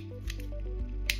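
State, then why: Seated. The end of a body-measuring tape, set to 18.5, is pushed into the small notch on the tape housing to form a fixed loop for measuring the arm. Light ticks and rustles at 0.3 and 0.4 s precede a sharp, loud click at 1.1 s as the tape end seats in the notch over faint background music. No one talks.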